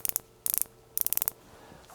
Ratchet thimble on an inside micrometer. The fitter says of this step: we'll click for the uh tension